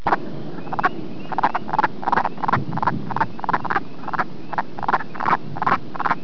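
Wood frogs calling in a chorus of short, hoarse, clucking croaks, many overlapping and repeated in rapid succession, over a low background rumble.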